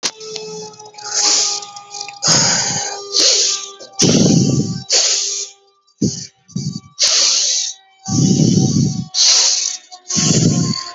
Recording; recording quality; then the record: deep breathing; excellent, no background noise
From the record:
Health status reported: healthy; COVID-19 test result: negative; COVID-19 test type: RT-PCR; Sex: male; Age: 27 years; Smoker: no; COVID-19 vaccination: both doses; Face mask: not worn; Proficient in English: yes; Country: India